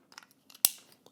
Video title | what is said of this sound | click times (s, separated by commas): How to Get Started with Zen Full Fibre | until you hear it click | 0.6 s